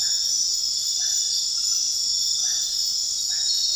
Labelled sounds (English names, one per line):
none